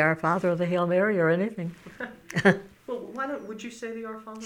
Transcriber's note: she laughs